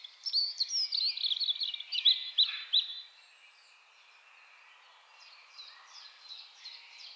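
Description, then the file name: European robin singing a rapid, high, tumbling warble of thin whistles and trills for about three seconds, then a softer, quieter phrase of short sweeping notes. "Erithacus rubecula"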